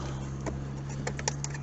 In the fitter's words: Make sure it clicks in. That's it, clicked into place.